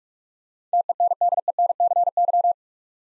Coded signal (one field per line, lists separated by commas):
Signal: Morse code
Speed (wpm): 42 wpm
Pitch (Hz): 700 Hz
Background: none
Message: TENDENCY